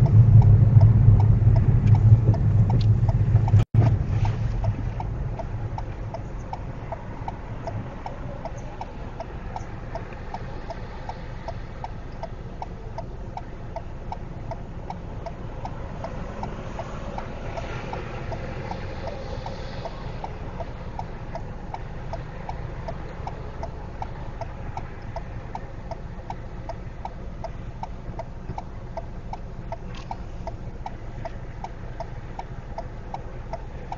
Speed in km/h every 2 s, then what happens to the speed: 15, 6, 2, 0, 0, 0, 0, 0, 0, 0, 0, 0, 0, 0, 0, 0, 0.
0-4 slows to 2. 4-34 standing.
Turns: none.